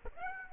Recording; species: mosquito wingbeat signal from an infrared sensor; Aedes aegypti